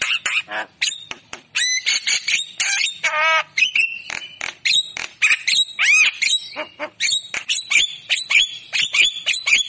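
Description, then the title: Javan myna song, dense and varied: sharp clicks, harsh squawks, a short rattling burst and slurred whistles mixed throughout. Javan myna singing prolifically, with song interspersed with imitations of magpie-robin, green leafbird and lovebird. "Kicauan Jalak Kebo Gacor Istimewa isian Murai Cucak Ijo Lovebird"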